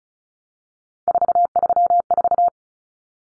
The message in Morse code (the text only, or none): 434